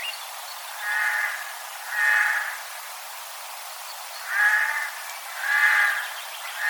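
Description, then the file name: Eurasian jay making repeated nasal mewing calls, four short wavering notes in two pairs, separated by a brief quiet pause, with the start of another at the very end. "Garrulus glandarius"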